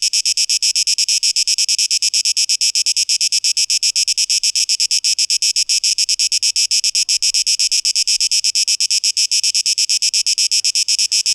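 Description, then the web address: Cicada buzzing: a shrill, rapidly pulsating hiss, unbroken and uniform from start to finish. Cicadas, 12 August 2023, tape echo mix. "rauschpartikel Audio 2023-08-12 Zikaden (Tape Echo Mix)"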